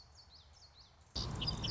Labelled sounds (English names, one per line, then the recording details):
Common Yellowthroat
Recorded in Sonoma County, California